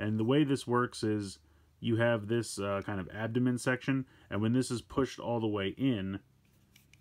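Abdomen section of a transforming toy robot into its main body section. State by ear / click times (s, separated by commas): not seated / none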